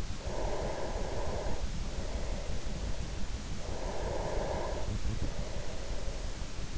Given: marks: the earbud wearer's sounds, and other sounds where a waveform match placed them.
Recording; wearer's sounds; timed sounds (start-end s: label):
sounds in sleep by an in-ear microphone; breath
0.27-3.27 s: breath
3.53-6.78 s: breath